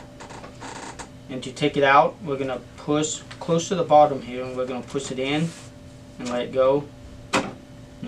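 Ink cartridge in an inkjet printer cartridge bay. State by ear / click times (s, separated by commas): released / 7.3 s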